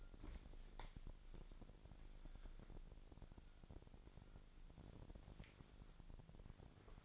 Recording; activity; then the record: daily activity, microphone in the room; wipe stove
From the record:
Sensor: 5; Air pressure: 1001.7 hPa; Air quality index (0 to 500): 175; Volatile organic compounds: 10 ppm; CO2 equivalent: 2246 ppm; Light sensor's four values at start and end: 22/76/29/29 and 22/77/29/30